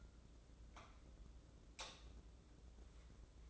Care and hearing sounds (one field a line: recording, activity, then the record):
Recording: daily activity, microphone in the room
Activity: light on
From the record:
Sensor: 3